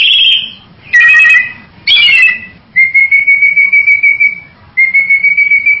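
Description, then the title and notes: Bird calls, buzzy harsh notes followed by long steady whistled tones with a rapid pulsing rhythm. "Bird Sound. Kicau Burung Lengkap"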